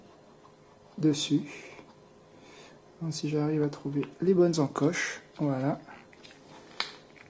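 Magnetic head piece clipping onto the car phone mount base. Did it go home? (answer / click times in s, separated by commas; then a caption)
yes / 6.8 s. A person talks while lining up the magnetic head piece of an AUKEY magnetic car phone mount with the notches on its base and pushing it on. A sharp click at 6.8 s confirms the head has clipped onto the base and is seated.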